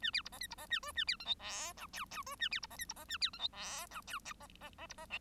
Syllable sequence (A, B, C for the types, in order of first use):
A B C D E C D A F A B G H I J K K F A B C D E C D A B G H I J K D D D C D L